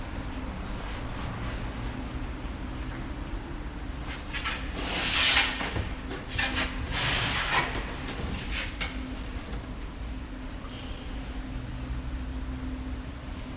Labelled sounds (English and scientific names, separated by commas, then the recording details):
Binturong (Arctictis binturong) aggressive call
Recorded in captivity
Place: Zoo Halle, Sachsen-Anhalt, DE
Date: 1997-03-22 16:26
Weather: Schnee bis Regen, um 0°C
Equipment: Sony MD-WM MZ-R3, Sennheiser MKH 416 T, Kopie Uher 4000 Report Monitor
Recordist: Tembrock, Günter